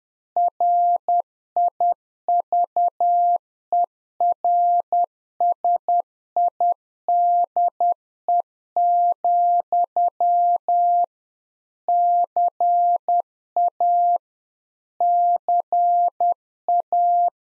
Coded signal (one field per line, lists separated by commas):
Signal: Morse code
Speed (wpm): 10 wpm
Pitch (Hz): 700 Hz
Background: none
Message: RIVERSIDE, CA CA